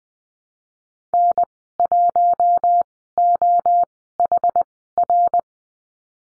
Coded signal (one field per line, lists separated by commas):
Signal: Morse code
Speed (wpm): 20 wpm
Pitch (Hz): 700 Hz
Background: none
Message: N 1 O H R